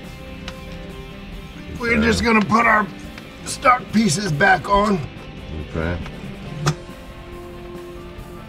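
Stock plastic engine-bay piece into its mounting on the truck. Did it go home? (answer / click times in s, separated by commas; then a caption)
yes / 6.7 s. A stock plastic engine-bay piece is refitted onto a 2015–2017 Ford F-150 V8 after a K&N cold air intake install, once the intake hose clamps are tightened. Someone talks over a steady background hum while the piece is pressed on, and a sharp click at 6.7 s shows it has seated into its mounting.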